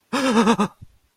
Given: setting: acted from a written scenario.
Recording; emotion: vocal sound without words; negative surprise